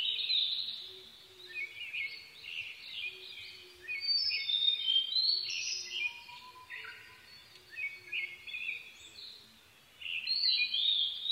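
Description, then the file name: Blue-and-white flycatcher song: almost continuous bright whistled phrases with varied slurred and trilled notes, with a faint low repeated tone underneath. 22 May 2011 at 04:34. "ooruri-20110522-0434"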